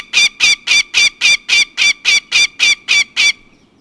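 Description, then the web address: Northern goshawk giving a brief burst of about a dozen harsh, rapid kek notes, evenly spaced, then falling silent. "Peterson North American Birds. nogo"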